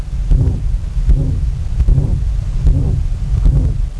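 Regular heartbeats at about 77 a minute, each followed by a rough, mid-pitched rushing murmur lasting about a third of a second: the systolic ejection murmur of critical aortic stenosis, a severe narrowing of the aortic valve, heard by stethoscope in an adult.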